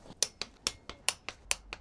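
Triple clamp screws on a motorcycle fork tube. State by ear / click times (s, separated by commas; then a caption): torque reached / 0.2 s, 0.4 s, 0.7 s, 1.1 s, 1.3 s, 1.5 s. A torque wrench tightens the triple-clamp screws on the first fork tube of a Ducati Monster motorcycle fork to 22 Nm. Sharp clicks are heard at 0.2, 0.4, 0.7, 1.1, 1.3 and 1.5 seconds, and another faint click comes at about 1.7 seconds. The screws reach torque, and the first tube is done.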